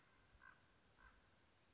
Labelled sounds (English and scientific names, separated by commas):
Common Raven (Corvus corax)